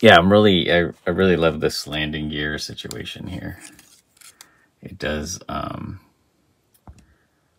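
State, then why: Seated. Someone talks over a diecast Popynica Cowboy Bebop Swordfish II model spacecraft, then its folding landing gear leg is moved into its deployed position. Small clicks at 6.8, 6.9 and 7.0 seconds mark the leg locking into place, and it is seated.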